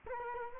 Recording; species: mosquito wingbeat signal from an infrared sensor; Culex quinquefasciatus